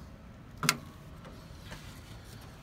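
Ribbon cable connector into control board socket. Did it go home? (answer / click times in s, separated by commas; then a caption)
yes / 0.6 s, 0.7 s. A keyed ribbon cable connector is pushed into the control board socket on the back of a new ATS board for a Kohler RDT transfer switch. Two sharp clicks sound at 0.6 s and 0.7 s, the second louder, over a quiet background. The connector is seated.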